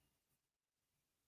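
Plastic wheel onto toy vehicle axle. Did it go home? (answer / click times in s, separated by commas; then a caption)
no / none. A plastic wheel is being handled onto the axle of a toy vehicle, with only faint, low handling noise over a quiet background and no distinct snap. Nothing has seated or clicked yet.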